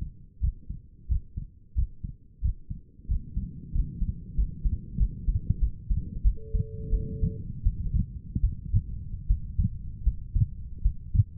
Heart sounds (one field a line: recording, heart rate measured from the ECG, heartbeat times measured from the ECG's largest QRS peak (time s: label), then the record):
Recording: heart sounds by stethoscope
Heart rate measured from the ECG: 86 bpm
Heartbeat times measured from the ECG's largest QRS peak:
0.41 s: heartbeat
1.08 s: heartbeat
1.75 s: heartbeat
2.42 s: heartbeat
3.08 s: heartbeat
3.73 s: heartbeat
4.36 s: heartbeat
4.98 s: heartbeat
5.59 s: heartbeat
6.23 s: heartbeat
6.90 s: heartbeat
7.63 s: heartbeat
8.41 s: heartbeat
9.27 s: heartbeat
10.03 s: heartbeat
10.82 s: heartbeat
From the record:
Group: healthy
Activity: rest 0-9 s, Valsalva maneuver 9-11 s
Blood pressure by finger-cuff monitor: 127/82 mmHg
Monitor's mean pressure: 95 mmHg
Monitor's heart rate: 89 bpm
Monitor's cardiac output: 6.5 L/min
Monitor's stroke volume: 72 mL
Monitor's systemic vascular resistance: 1040 dyn s/cm5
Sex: female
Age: 37 years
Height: 168 cm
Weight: 70 kg